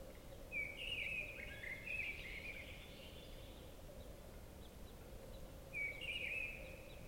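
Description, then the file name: Common chaffinch: two scratchy, slightly descending trilled phrases about five seconds apart, over a steady low hum and background noise. "Fringilla coelebs"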